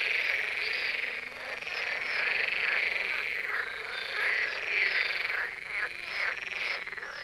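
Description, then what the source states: Marsh frogs in a dense chorus, overlapping rattling, cackling croaks pulsing in bursts. A chorus at the Birkensee, Schönbuch, Germany, recorded on one of the first proper hot days of summer 2023.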